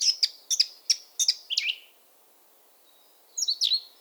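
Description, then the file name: Eurasian blackcap giving a series of sharp, clicking notes about every third of a second, then a short downward note, and after a pause a brief twittering phrase. "Sylvia atricapilla"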